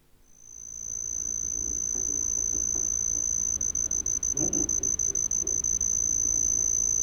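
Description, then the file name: Homoeoxipha lycoides cricket singing a continuous high, piercing trill that starts almost at once and holds steady, breaks into quick rhythmic stutters for a couple of seconds, then steadies again, over soft low background noise. "Homoeoxipha lycoides"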